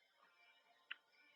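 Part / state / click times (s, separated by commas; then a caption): plastic brick piece onto a large brick-built figure's head / seated / 0.9 s. A plastic LEGO piece, the scar part for the head of a large brick-built figure, is pushed onto the studs after first refusing to click in. Faint low background noise runs throughout, then a single sharp, bright click sounds at 0.9 s as the piece seats.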